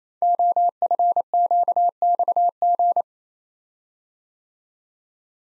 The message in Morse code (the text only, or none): OFQXG